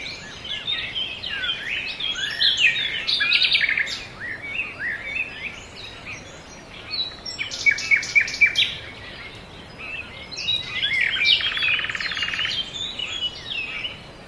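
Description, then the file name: Overlapping bird songs of chirps and whistles, with rapid bursts of notes and a buzzy trill late in the recording. Forest birds. "ASMR Nature Noise - Forest Birds"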